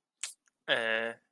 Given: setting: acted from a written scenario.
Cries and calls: vocal sound without words; neutral

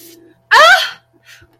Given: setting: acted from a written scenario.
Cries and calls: vocal sound without words; distress

